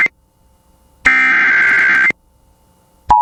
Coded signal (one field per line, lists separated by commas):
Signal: Emergency Alert System (SAME) tones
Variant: header bursts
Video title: (EAS #16) California FLASH FLOOD WARNING on KALT-FM